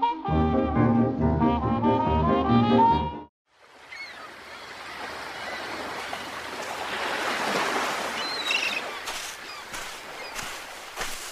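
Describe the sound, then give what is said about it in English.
A few seconds of tonal music stop abruptly, then sea waves wash steadily onto a shore, a broad hissing rush that swells and eases gently with no voices. “Sitting there by the sea.”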